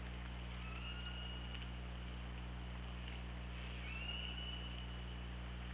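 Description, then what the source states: Killer whale calls: two faint, drawn-out level tonal cries a few seconds apart, half buried in hiss and a steady low hum. Recorded by hydrophone at OrcaLab on 24 August 2017 at 08:04.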